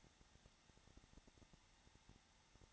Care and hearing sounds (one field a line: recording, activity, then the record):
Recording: daily activity, microphone in the room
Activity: no activity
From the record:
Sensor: 3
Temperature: 21.3 degrees Celsius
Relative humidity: 33.3%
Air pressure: 994.5 hPa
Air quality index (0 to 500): 167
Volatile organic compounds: 3 ppm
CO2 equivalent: 1453 ppm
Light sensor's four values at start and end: 2/3/2/2 and 2/3/2/2